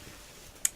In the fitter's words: ya aussi les sangles au niveau du bal qui se clipse comme ça et